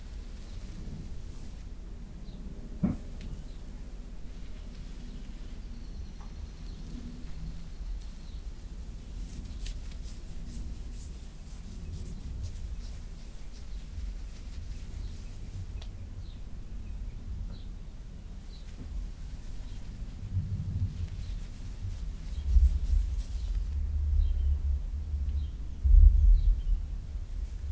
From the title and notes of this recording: ASMR back scratch, hair play & neck tingles on Emily no whisper (fabric sounds & back tracing).